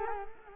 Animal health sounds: mosquito wingbeat signal from an infrared sensor; Culex quinquefasciatus

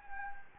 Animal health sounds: mosquito wingbeat signal from an infrared sensor; Anopheles gambiae

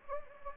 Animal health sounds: mosquito wingbeat signal from an infrared sensor; Anopheles gambiae

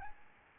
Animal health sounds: mosquito wingbeat signal from an infrared sensor; Aedes albopictus

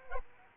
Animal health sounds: mosquito wingbeat signal from an infrared sensor; Aedes aegypti

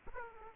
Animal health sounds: mosquito wingbeat signal from an infrared sensor; Aedes aegypti

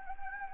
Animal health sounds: mosquito wingbeat signal from an infrared sensor; Anopheles gambiae

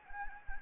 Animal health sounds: mosquito wingbeat signal from an infrared sensor; Anopheles gambiae

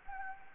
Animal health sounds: mosquito wingbeat signal from an infrared sensor; Anopheles gambiae

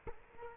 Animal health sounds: mosquito wingbeat signal from an infrared sensor; Culex quinquefasciatus

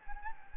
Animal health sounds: mosquito wingbeat signal from an infrared sensor; Anopheles gambiae

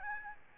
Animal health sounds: mosquito wingbeat signal from an infrared sensor; Aedes albopictus

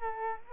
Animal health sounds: mosquito wingbeat signal from an infrared sensor; Culex quinquefasciatus

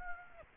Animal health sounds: mosquito wingbeat signal from an infrared sensor; Aedes aegypti

